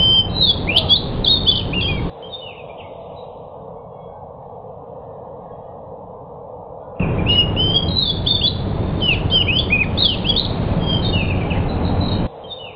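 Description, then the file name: Pied bush chat song: quick bursts of high, twittering and scratchy notes for two seconds, a pause of faint hiss, then a longer run of warbled phrases over steady background noise. Decu described as 'sudah jadi', meaning a finished, fully trained singer. "suara burung decu sudah jadi. omkicau"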